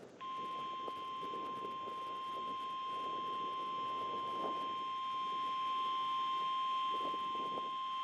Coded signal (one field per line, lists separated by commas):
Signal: Emergency Alert System (SAME) tones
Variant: 1050 Hz attention tone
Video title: LWX Weekly Test in front of KHB36 on November 25th, 2020 - EAS 33